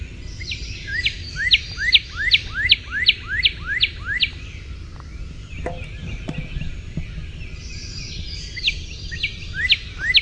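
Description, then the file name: Northern cardinal singing a quick series of loud down-slurred whistled notes, falling silent for a few seconds, then starting another similar run of slurred whistles. "NOCA song"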